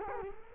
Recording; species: mosquito wingbeat signal from an infrared sensor; Culex quinquefasciatus